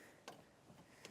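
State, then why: Not seated. An Ark Xtreme Off-Road 2 Wheel Sidewind swivel-mounted trailer jack is lowered from its stowed position toward the spring-loaded pull-lever latch pin on its steel mounting bracket. Short metallic ticks are heard at about 0.3 s and 1.1 s over a steady low background. Nothing has seated or clicked yet; the jack is still being handled.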